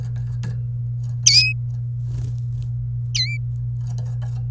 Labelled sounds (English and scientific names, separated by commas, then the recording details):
Domestic Canary (Serinus canaria) song
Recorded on 27 April 2018 at 05:46
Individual llb3